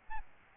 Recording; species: mosquito wingbeat signal from an infrared sensor; Aedes albopictus